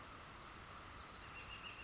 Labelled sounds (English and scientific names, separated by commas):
Northern Flicker (Colaptes auratus)